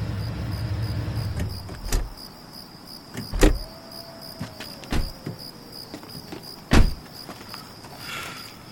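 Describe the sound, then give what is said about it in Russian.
A car pulls up beside a fallen fence, its low engine rumble idling briefly and then cutting off, followed by a few sharp clicks and thumps, with a steady high insect chirr running underneath throughout. “По дороге. Останавливается возле поваленного забора.”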